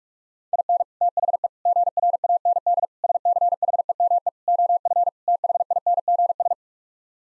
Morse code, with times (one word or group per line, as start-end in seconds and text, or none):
0.5-0.8 IN
1.0-1.5 THE
1.7-2.9 GRAND
3.0-4.3 SCHEME
4.5-5.1 OF
5.3-6.5 THINGS